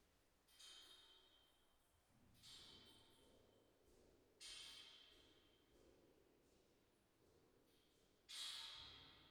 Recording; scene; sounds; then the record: everyday scene through a hearing-aid microphone; reverberant space; background noise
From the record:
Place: staircase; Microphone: behind the ear, left, front